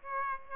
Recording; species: mosquito wingbeat signal from an infrared sensor; Aedes aegypti